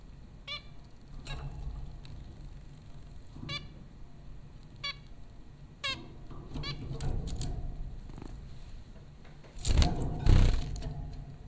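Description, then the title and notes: Zebra finch nasal honks at irregular intervals, then a louder noisy burst near the end, all over a low hum. Zebra finches at Popcorn School, Flatbush, Brooklyn, New York, April 15, 2009. "Dronecast: The Popcorn Finches Four from Apr 15, 2009. Zebra finches recorded at Popcorn School, Flatbush, Brooklyn NY in April 2009"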